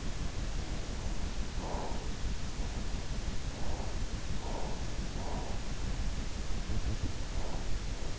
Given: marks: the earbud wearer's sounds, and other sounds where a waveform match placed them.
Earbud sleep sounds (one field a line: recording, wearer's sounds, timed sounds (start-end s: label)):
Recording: sounds in sleep by an in-ear microphone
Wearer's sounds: breath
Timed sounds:
0.87-2.39 s: breath
3.28-5.72 s: breath
7.17-8.19 s: breath